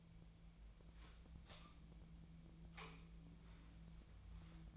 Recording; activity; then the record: daily activity, microphone in the room; light on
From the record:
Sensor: 1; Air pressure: 1009.8 hPa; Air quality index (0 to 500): 189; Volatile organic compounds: 17 ppm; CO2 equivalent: 2599 ppm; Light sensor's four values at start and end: 34/86/36/43 and 46/132/54/61